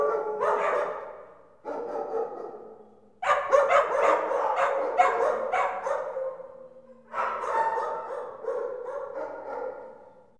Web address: dog kennel kennel indoor many barking animal